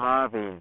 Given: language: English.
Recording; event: throat vibration sensor signal played as sound; speech